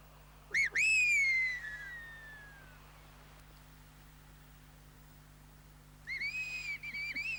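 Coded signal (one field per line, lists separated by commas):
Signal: whistled language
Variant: Aas whistled Gascon (Béarnais)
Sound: two whistled phrases: quick rising-falling glides, then a long falling whistle, pause, another phrase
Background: low hum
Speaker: marguerite laborde et joseph carrère est avec eux disparaîtra la civilisation des siffleurs das s'héberger d'un village des pyrénées qui avait inventé ou maintenus jusqu'à nos jours un langage sifflé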